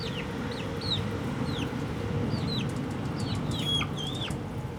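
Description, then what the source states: Chicken chicks give clear, thin, downward-bending peeps at spaced intervals against a soft steady background hum. Hens and chicks in a henhouse in the Atelier 34zero museum garden, Jette, Brussels, Belgium; recorded with DPA 4060 microphones in AB position into a Zoom F3.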